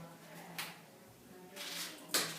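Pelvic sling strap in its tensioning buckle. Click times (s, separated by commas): 2.1 s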